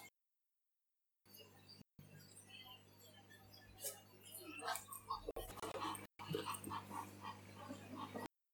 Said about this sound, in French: Dans les herbes, on entend un reniflement. Et comme si un de ces chiens était là.